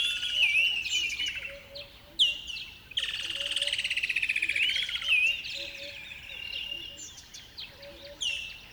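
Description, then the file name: Birds: bird chorus with looping whistled phrases, a long buzzy rattling trill in the middle and a faint low repeated note beneath. River bed at dawn; a noisy chorus of many birds. "river bed dawn birds bedlam"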